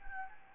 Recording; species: mosquito wingbeat signal from an infrared sensor; Anopheles gambiae